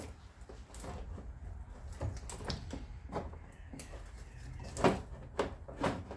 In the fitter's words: that's it you can hear it clicking it clicking in